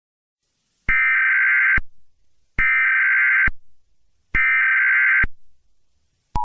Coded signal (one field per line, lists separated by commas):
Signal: Emergency Alert System (SAME) tones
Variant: header bursts